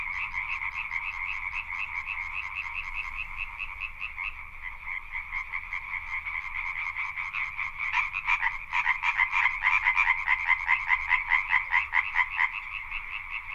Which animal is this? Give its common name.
Common Tree Frog